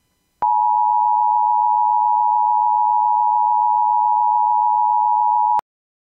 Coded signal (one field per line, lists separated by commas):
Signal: Emergency Alert System (SAME) tones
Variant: 853 and 960 Hz attention tone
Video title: EAS Scenario #6: Flare Up